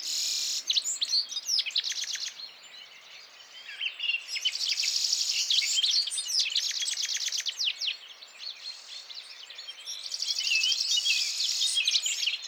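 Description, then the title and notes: Citril finch song, fast metallic trills and buzzy twittering, swelling in three loud bursts with quieter gaps between. Males singing in a flock before females at the end of winter, mountains, Vallon de Combeau, Drôme, France, 17 March 2017; recorded with Nagra Seven and Telinga P7. "Printemps de Venturon. Vallon de Combeau - Drôme"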